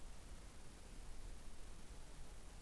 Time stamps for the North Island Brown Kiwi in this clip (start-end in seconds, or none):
none